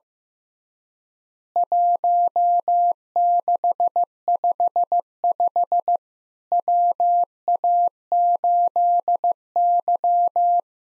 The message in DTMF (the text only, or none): none